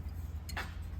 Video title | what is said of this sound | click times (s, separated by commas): How to Install the Rewind Upgrade - Zebra ZT610 • ZT620 | it snaps into place | 0.5 s, 0.6 s